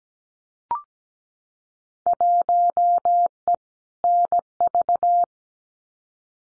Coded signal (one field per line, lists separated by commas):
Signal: Morse code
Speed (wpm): 17 wpm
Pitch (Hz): 700 Hz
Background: none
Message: 1E NV